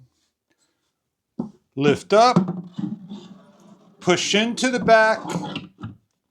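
A power outlet board with AC, USB-C and USB-A sockets is lifted up and pushed into the back panel of a wooden sideboard cabinet, a 44" fluted mid-century modern buffet with sliding door, while someone talks. Brief handling knocks are heard at about 0.5, 1.4 and 5.8 seconds. Nothing has seated or clicked yet.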